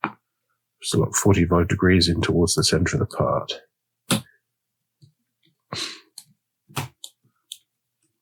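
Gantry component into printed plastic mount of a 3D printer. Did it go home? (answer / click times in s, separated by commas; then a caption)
yes / 7.0 s, 7.5 s. While someone talks, a part for the XY gantry of a Prusa Core One 3D printer kit is pressed toward the back of a printed plastic mount, pushed at about 45° toward the centre of the part. After a few soft knocks and scrapes, sharp clicks at 7.0 s and 7.5 s mark the part seating in the mount.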